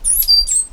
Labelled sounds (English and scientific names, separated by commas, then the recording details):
Stitchbird (Notiomystis cincta) song
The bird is a male
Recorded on Tiritiri Matangi Island, New Zealand, in 2005
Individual 8, of nest box 10